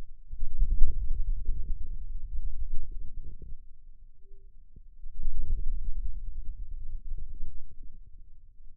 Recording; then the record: forearm muscle sounds (acoustic myography)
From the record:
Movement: radial deviation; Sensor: system 2, bracelet of six BSWA MPA416 microphones around the upper forearm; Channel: 2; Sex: male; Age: 22 years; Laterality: right